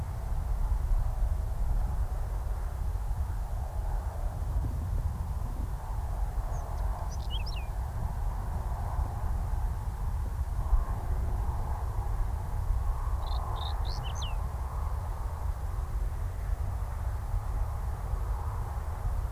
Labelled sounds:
Marsh Warbler song
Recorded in the wild
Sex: male
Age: adult
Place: Wiesenthau, Bayern, DE
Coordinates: 49.7128, 11.1353
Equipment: Maihak, Original, Vollspur
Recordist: Tretzel, Erwin

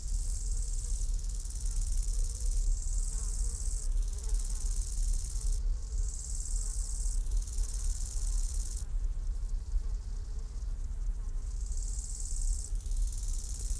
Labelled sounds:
Bow-winged Grasshopper stridulation
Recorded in the wild
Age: imago
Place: Botanische Anlage Blankenfelde, Berlin, DE
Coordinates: 52.603, 13.4
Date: 1993-08-15 11:22
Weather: sonnig, 24-28°C
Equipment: Marantz CP 430, Sennheiser ME 80, Kopie Uher Variocord 263
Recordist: Tembrock, Günter

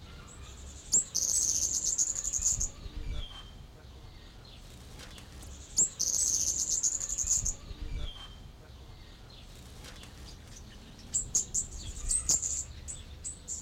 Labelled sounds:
Yellow-crowned Bishop
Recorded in captivity
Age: adult
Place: Zoo Berlin, Berlin, DE
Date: 1992-06-20 11:39
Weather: wolkig-heiter, 20-24°C
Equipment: Marantz CP 430, Sennheiser ME 80, Kopie Tesla B 116
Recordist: Tembrock, Günter

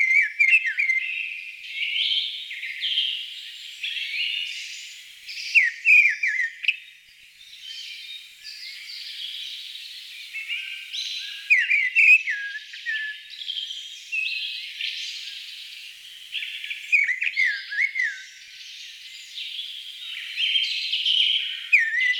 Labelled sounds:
Mistle Thrush song
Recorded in the wild
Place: Freiburg im Breisgau / Im Vogelsang, Baden-Württemberg, DE
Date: 1988-04-03
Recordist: Schwarz, Dieter

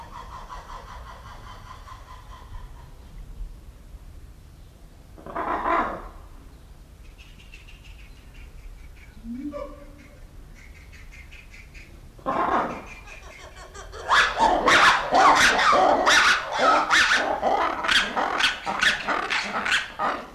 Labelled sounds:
Siamang call
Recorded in captivity
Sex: male
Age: juvenile
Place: Zoo Berlin, Berlin, DE
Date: 1994-06-11
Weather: heiter, 12-17°C
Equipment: Marantz CP 430, Sennheiser ME 80, Kopie Uher Variocord 263
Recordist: Tembrock, Günter

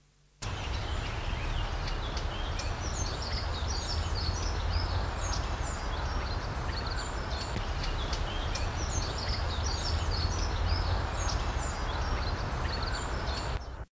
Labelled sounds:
Eurasian Blackcap call
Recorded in the wild
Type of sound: call
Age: immature
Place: Laatzen, Niedersachsen, DE
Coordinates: 52.3089, 9.8081
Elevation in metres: 63
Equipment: Halbspur, 9,5 cm/s
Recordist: Lütgens, Hans
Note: 3 junge, flügge Tiere, auch zarte Zwischenlaute

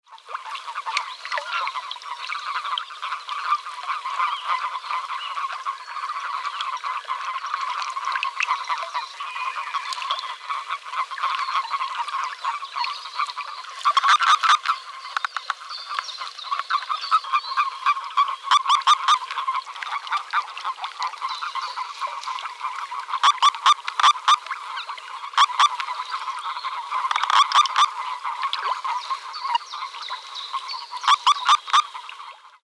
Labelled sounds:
Common Toad
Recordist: Tembrock, Günter
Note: Mehr als 200 Exemplare: Balz

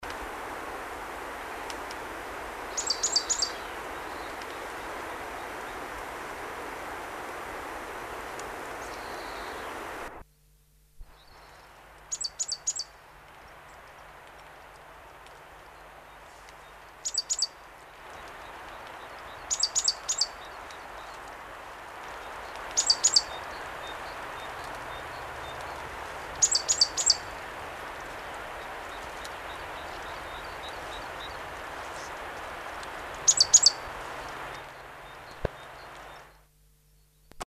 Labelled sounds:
Great Tit song
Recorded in the wild
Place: Oberstdorf, Bayern, DE
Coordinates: 47.4208, 10.2464
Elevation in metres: 886
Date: 1979-04-10
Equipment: Uher 4000 Report
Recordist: Tretzel, Erwin
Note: Oberstdorf-Tiefenbach: Gesang "bilz-bilz"

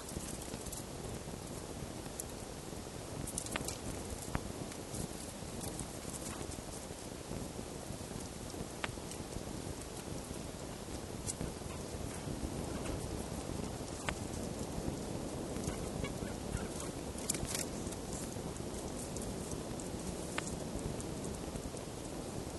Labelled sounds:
Red Fox
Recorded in captivity
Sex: male
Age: juvenile
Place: Zoologisches Institut der HUB, Berlin, DE
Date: 1955-05-11 12:45
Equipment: Elmetra
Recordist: Tembrock, Günter

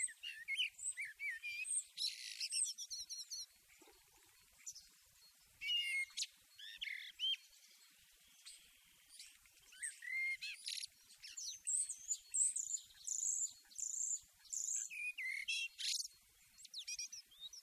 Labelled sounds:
Common Blackbird song
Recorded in the wild
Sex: male
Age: adult
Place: Garmisch-Partenkirchen, Bayern, DE
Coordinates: 47.4903, 11.0708
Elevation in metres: 709
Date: 1967-04-02
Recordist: Tretzel, Erwin

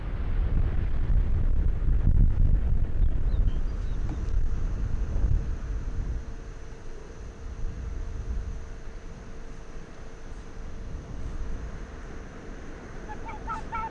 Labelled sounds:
Arctic Fox
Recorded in the wild
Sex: male
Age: adult
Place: Insel Mednyi, Kommandeur-Inseln, RU
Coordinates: 54.5167, 168.083
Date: 1999-07-08 21:03
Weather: Nebel, 6°C, starker Westwind
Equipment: Sony WM-D6C, Sennheiser ME 80, K 30 AV, Windkorb, Kopie Tascam DA 30
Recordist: Jakupi, Antje
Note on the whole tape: Südosten der Insel, Geröllfeld: Polarfuchs (Alopex lagopus). Tier bellt ganz dicht - Wechselbellen. Fünf Bellstrophen, z.T. übersteuert!!! Rüde Violett/Grün 71 und anderes Tier. Rüde Violett/Grün 71 hat mich gesehen und kommt zu mir. Anderes Tier ist im Nebel nicht zu sehen. Im zweiten Teil der Aufnahme ist Rüde Violett/Grün 71 gut ausgesteuert!!! Nordwestrand des Geröllfeldes

